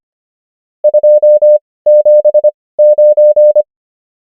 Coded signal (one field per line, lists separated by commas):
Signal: Morse code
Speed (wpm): 25 wpm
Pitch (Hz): 600 Hz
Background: none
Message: 279